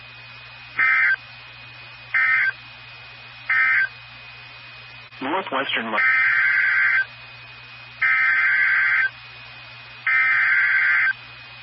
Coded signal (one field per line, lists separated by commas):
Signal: Emergency Alert System (SAME) tones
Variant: header bursts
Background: speech